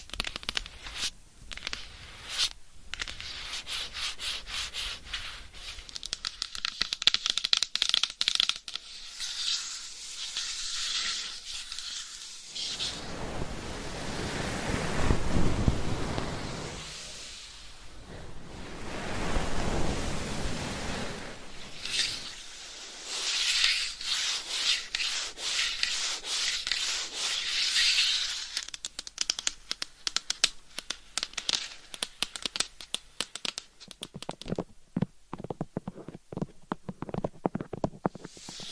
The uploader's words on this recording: Changing Triggers Every Few Seconds Scratching , Tapping , Massage & More No Talking.